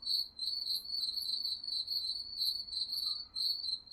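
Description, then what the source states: Cricket: a short stretch of high chirping in pulsed bursts with brief gaps, with fainter higher chirps alongside. Crickets chirping at night.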